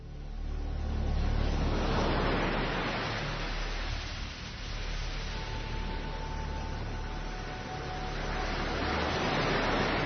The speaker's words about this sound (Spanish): estas olas que nos pone Carlos Nicolás